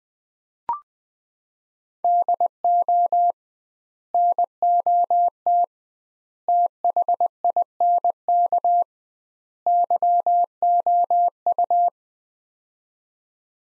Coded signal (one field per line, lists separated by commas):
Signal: Morse code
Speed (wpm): 20 wpm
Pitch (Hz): 700 Hz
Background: none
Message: DO NOT THINK YOU